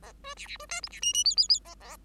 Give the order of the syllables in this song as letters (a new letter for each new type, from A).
A B C C B D E C F F G G G A A